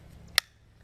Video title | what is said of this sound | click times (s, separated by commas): POSSIBLE SAFE WAY TO CARRY APPENDIX STYLE? REVIEW OF THE TRIGGER GUARD HOLSTER | snaps on to your trigger guard so that you can't have any access to the trigger as you're drawing the gun out your | 0.4 s